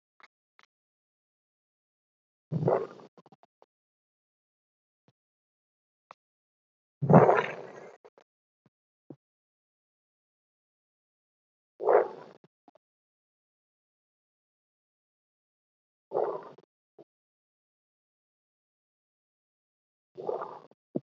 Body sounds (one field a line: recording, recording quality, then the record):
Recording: deep breathing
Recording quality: poor, much background noise or distortion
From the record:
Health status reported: healthy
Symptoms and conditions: none ticked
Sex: male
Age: 25 years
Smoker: yes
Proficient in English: yes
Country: India